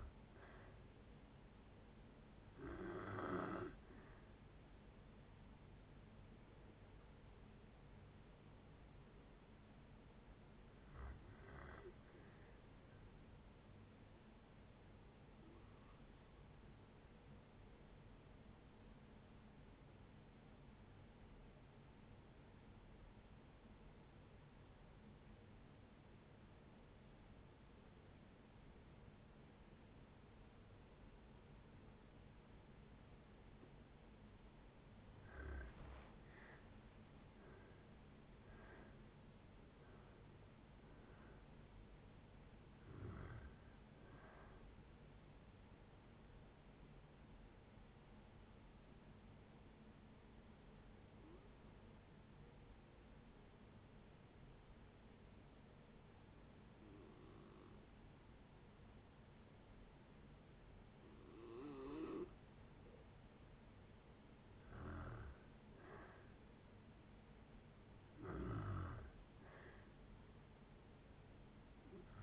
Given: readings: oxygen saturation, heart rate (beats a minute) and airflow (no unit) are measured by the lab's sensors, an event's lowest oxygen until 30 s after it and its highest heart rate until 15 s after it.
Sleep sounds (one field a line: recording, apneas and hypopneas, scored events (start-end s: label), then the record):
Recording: breathing in sleep by a voice recorder at the bedside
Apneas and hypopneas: 2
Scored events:
21.00-35.30 s: obstructive apnea (N2, oxygen 95% highest, then 81% lowest, heart rate 62 at the start, 77 highest)
45.00-63.70 s: hypopnea (N2, oxygen 93% highest, then 90% lowest, heart rate 76 at the start, 76 highest)
From the record:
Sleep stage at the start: N2 (light sleep)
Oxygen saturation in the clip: 81 to 96%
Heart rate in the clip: 55 to 77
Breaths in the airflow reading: 13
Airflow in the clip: -8.2 to 13.8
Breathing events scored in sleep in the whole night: 496 in 5.4 hours asleep